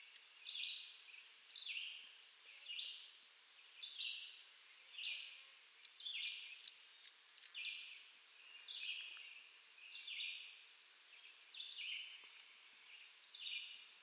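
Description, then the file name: Blackburnian Warbler: a quick burst of very high, thin, sibilant notes midway, with softer notes repeated about once a second throughout. "Setophaga fusca - Blackburnian Warbler"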